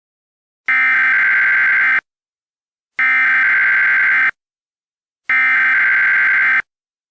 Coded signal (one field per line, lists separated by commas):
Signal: Emergency Alert System (SAME) tones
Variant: header bursts